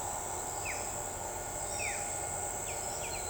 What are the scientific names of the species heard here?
Cyanocorax affinis